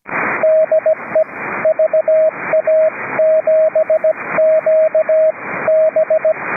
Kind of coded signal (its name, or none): Morse code